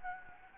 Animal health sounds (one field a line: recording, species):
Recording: mosquito wingbeat signal from an infrared sensor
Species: Anopheles gambiae